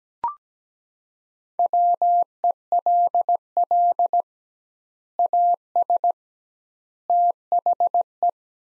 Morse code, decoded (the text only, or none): WELL AS THE